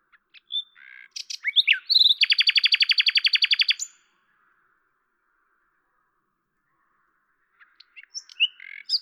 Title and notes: D83, 01350 Lavours, France - rossignol à LAVOURS. 10/05/1998